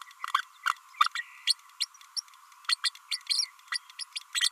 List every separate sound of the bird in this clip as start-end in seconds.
0.66-0.69, 1.00-1.08, 1.15-1.23, 1.47-1.54, 1.80-1.86, 2.16-2.21, 2.68-2.75, 2.83-2.90, 3.11-3.17, 3.29-3.46, 3.71-3.78, 3.99-4.04, 4.41-4.50